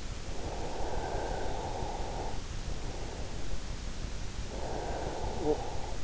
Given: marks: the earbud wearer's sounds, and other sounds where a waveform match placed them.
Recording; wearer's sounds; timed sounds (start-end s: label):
sounds in sleep by an in-ear microphone; breath
0.28-2.31 s: breath
4.52-6.00 s: breath